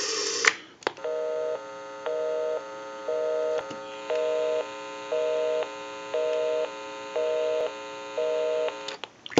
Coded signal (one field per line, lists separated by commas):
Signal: telephone call progress tone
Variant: North America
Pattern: busy tone